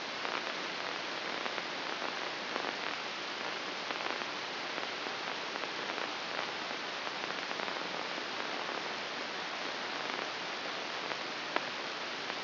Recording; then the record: brain microelectrode recording played as sound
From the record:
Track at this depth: inside the subthalamic nucleus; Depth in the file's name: 3.343 mm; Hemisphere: right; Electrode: 2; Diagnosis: Parkinson's disease